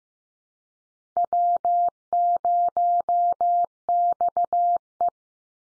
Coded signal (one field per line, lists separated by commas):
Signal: Morse code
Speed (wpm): 15 wpm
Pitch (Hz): 700 Hz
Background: none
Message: W0XE